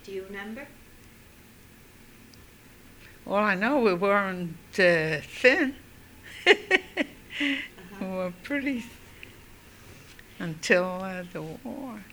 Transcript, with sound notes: Do you remember?
All I know, we weren't thin. ( she laughs ) We were pretty -- until the war.